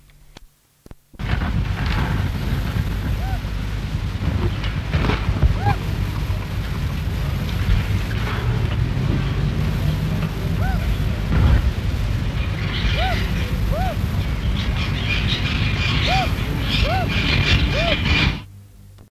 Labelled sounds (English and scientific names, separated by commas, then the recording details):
Black Curassow (Crax alector) call
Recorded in captivity
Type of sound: call
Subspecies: erythrognatha
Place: Zoo Wuppertal, Nordrhein-Westfalen, DE
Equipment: Halbspur, 9,5 cm/s
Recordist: Lütgens, Hans
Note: Rufe